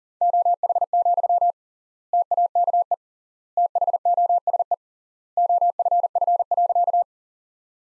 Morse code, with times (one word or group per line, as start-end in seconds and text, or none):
0.2-1.5 OH,
2.1-2.9 TAKE
3.6-4.7 THOSE
5.4-7.0 OFF.